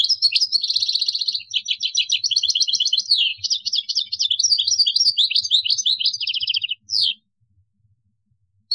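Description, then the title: European goldfinch singing a rapid, sustained stream of bright twittering notes and rattling trills, ending with a short final phrase before silence. "Chant Chardonneret"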